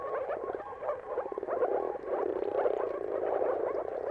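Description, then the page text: Moor frogs in chorus, soft bubbling notes overlapping, with a few clearer short calls standing out. Mating calls of many moor frogs at sunrise, a spectacle seen at the turn of March and April depending on the weather. "Dawn’s Chorus: Mating Calls of Marsh Frogs at Sunrise. Depending on the weather at the turn of March and April, you can witness an amazing spectacle of moor frogs. Jakub Orzecki. earth.fm"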